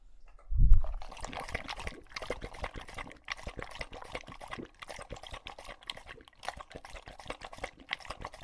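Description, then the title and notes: English Bulldog drinking after a dull thump: rapid, continuous wet lapping and splashing at the water bowl. Male English Bulldog named Lucho drinking from a water bowl after a long walk, breathing heavily between drinks because he is out of breath. "English Bulldog Drinks from Water Bowl - Weird Sounds. listen to Lucho the English Bulldog as he tries to drink water after a long walk. Don't let his heavy breathing fool you in between drinks, he's equally out of breath from the walk"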